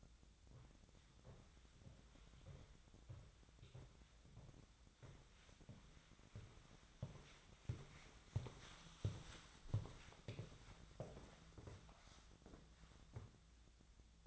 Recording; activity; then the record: daily activity, microphone in the room; walk to room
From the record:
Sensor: 3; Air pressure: 1010.1 hPa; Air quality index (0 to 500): 183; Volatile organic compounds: 13 ppm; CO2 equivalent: 2383 ppm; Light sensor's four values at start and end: 44/108/47/51 and 43/106/46/49